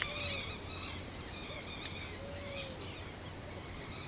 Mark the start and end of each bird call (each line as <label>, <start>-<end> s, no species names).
bird call, 0.00-4.08 s